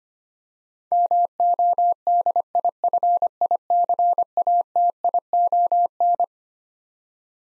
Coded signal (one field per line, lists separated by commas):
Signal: Morse code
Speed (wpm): 25 wpm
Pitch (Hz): 700 Hz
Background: none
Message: MODIFICATION